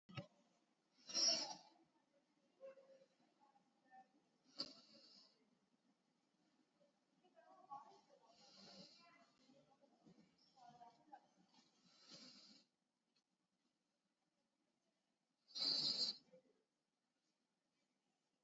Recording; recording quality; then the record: deep breathing; excellent, no background noise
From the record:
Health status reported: COVID-19 positive, moderate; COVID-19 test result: positive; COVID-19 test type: RT-PCR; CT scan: taken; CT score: 0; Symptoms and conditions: cough, cold, breathing difficulty, sore throat, fever, fatigue, muscle pain, diarrhoea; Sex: male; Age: 31 years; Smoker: no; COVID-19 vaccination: none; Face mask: worn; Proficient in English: yes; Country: India